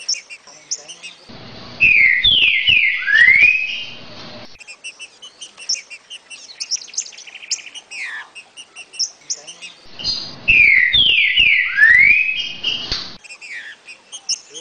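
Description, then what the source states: Green-winged saltator song: the loud phrase of sliding whistles is given twice, about nine seconds apart, with constant high chirping from other birds between them. Part of a collection of Brazilian birds.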